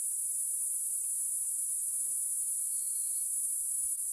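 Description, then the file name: Cicada song: a continuous shrill, even-toned buzz droning without a break, with faint scattered ticks and chirps beneath it. Platypleura species, Nyika National Park. "Platypleura sp Nyika NP"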